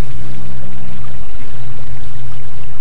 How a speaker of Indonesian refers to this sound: Sementara itu Anting Wulan menunggu di luar sambil bermain-main di pinggiran sungai Cirampang. Beberapa saat ketika Anting Wulan tengah asik menikmati riak air sungai Cirampang.